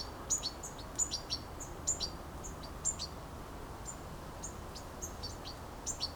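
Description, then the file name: European goldfinch: sparse, high chirps, a few clear tinkling notes in small clusters separated by pauses, over a quiet low hum. "Carduelis carduelis"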